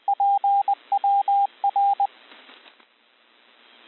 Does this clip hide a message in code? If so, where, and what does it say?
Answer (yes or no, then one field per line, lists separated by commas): yes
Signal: Morse code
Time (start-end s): 0.1-2.1 s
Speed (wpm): 20 wpm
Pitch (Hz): 800 Hz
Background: radio noise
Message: PWR